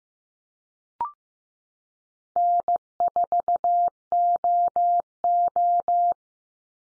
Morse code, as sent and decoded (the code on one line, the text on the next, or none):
-. ....- --- ---
N4OO